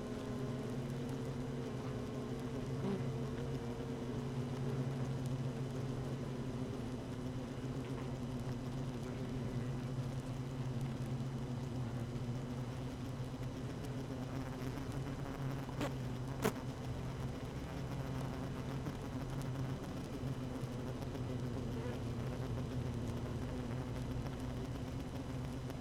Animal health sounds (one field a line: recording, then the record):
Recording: honeybee colony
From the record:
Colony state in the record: active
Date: 12 June 2018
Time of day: 7:37